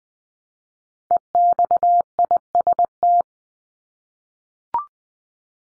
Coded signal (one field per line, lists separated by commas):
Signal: Morse code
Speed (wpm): 20 wpm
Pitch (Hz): 700 Hz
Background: none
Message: EXIST